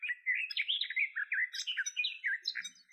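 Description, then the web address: Garden warbler song, a rapid continuous warble of varied, mellow notes that rise and fall, some phrases reaching higher, running throughout without pause. "Sylvia borin"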